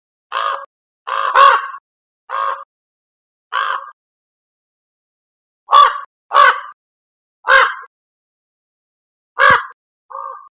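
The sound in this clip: Common raven calling with about ten rough, grating croaks in irregular bursts, some paired and some spaced a second or more apart; no other sounds.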